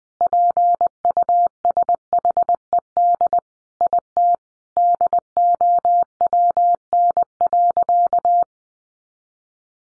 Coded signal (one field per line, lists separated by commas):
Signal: Morse code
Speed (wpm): 20 wpm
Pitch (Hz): 700 Hz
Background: none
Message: PUSHED IT DOWN.